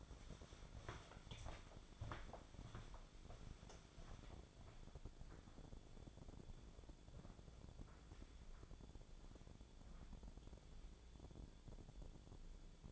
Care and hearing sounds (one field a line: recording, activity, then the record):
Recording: daily activity, microphone in the room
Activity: walk to room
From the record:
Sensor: 5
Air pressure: 1000.0 hPa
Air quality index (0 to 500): 94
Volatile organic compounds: 1 ppm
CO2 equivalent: 769 ppm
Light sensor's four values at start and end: 334/785/342/389 and 299/735/308/341